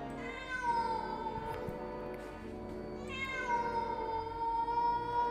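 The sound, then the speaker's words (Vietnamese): Cats yowl loudly at night from a bush, in two long, wavering wails, each starting high and sliding down into a drawn-out, eerie moan, with no talking over them. “Vừa mới nói dứt lời thì ở cái bụi cây phía sau vang lên những tiếng mèo kêu đến ghê rợn.”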